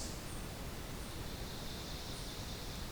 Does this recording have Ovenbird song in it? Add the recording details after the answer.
yes. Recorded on 2 June 2016 at 05:55. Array SBT-3-7